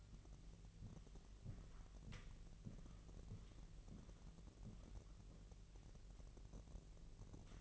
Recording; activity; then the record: daily activity, microphone in the room; walk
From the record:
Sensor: 4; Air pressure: 1003.0 hPa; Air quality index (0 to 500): 246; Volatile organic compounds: 26 ppm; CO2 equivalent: 2870 ppm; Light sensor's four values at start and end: 7/17/7/7 and 8/17/7/7